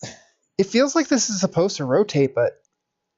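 A plastic model kit joint part is being fitted by hand into a figure assembly; the part seems meant to rotate. A brief soft noise is heard at the start, then someone talks for most of the clip. Nothing has seated or clicked yet.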